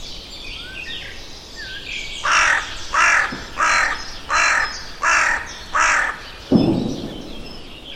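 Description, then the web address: Bird calling six loud, harsh caws at a steady pace, followed by a brief thump and rustle, over a constant background hiss. "Deverinetal 2025 File origin Bird Only"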